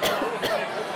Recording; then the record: coughing mixed with background sound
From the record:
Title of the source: Coughing Woman Sound - Woman Cough Sound Effect